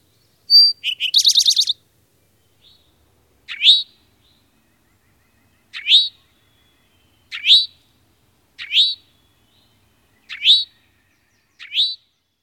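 Eastern towhee: one song phrase of sharp notes and a quick trill, then several single rising call notes repeated at intervals.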